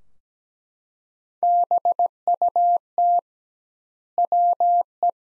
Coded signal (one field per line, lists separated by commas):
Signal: Morse code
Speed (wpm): 17 wpm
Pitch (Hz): 700 Hz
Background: none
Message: BUT WE